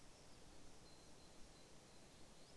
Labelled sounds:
Great Tit
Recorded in Germany
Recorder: ecoPi

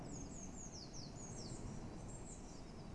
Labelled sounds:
Eurasian Blue Tit
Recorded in Germany
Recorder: ecoPi

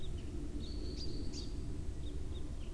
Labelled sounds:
Common Chaffinch
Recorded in Germany
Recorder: ecoPi

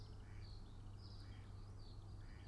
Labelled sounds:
Mallard
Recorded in Germany
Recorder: ecoPi

